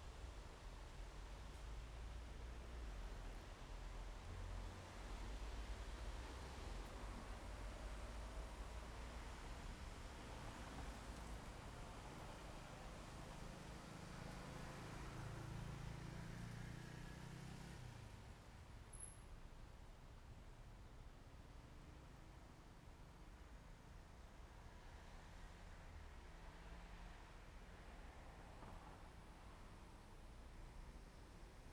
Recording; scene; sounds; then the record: everyday scene through a hearing-aid microphone; in traffic; traffic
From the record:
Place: main road on the outskirts, rush hour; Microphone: behind the ear, left, rear